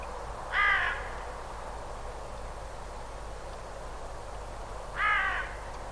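Bird calls: two short, harsh, harmonic calls about four seconds apart against a steady background hiss.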